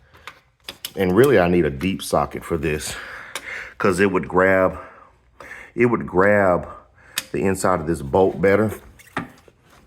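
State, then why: Torque reached. A torque wrench tightens a bolt on the A/C compressor bracket of a 2014 Chevy Cruze with compressor noise and rattle, bringing it to spec. Someone talks over faint metallic handling sounds, then the wrench gives a single sharp click at 9.2 s, confirming the bolt has reached its torque setting.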